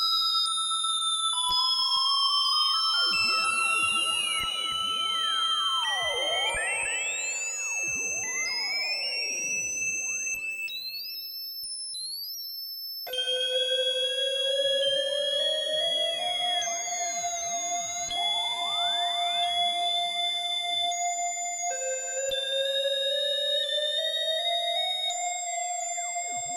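A Moog synth calibrates through effects, steady pitched tones stepping and sweeping up and down, overlapping glides and echoes, with an abrupt shift near thirteen seconds.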